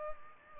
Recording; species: mosquito wingbeat signal from an infrared sensor; Culex pipiens